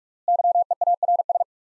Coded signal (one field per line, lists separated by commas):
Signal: Morse code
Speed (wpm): 46 wpm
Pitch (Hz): 700 Hz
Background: none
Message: YEARS